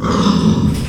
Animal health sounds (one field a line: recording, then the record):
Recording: squeal of a Yucatan mini pig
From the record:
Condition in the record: after surgery on the right vocal fold (resection and tissue-engineered implant)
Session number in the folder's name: 12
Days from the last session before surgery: 105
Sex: female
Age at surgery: 19 weeks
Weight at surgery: 25 kg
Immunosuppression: prednisolone